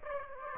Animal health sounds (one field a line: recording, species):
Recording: mosquito wingbeat signal from an infrared sensor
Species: Aedes aegypti